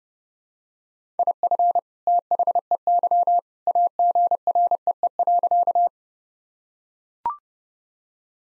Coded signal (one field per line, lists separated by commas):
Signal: Morse code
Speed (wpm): 30 wpm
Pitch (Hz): 700 Hz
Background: none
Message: IF THEY AGREE.